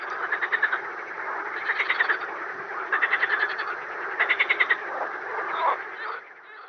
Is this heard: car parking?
no